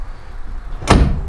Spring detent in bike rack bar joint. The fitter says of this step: this detent locks into place